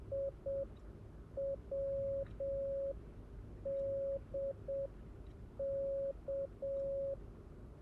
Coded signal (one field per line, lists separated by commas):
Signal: Morse code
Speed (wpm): 7 wpm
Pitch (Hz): 550 Hz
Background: none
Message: IWDK